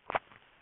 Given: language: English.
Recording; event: throat vibration sensor signal played as sound; swallow